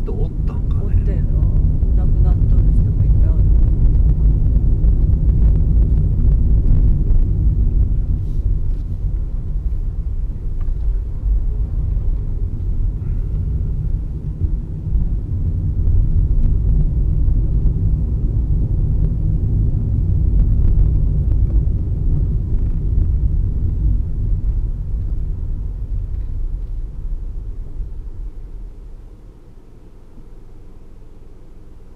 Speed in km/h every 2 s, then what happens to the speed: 24, 24, 25, 18, 14, 10, 16, 20, 22, 24, 23, 21, 13, 5, 0, 0.
0-5 steady at about 24. 5-9 brakes to 10. 9-13 speeds up to 20. 13-21 steady at about 22. 21-27 brakes to 0. 27-32 standing.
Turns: none.